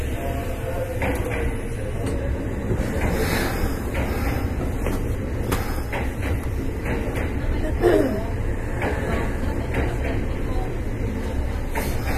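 An express train on the Nara Line runs steadily, its low rumble dense and constant throughout. Faint rhythmic clicks and brief bright squeals rise above the drone, with a sharper squeal near the eight-second mark, and murmured voices sit underneath.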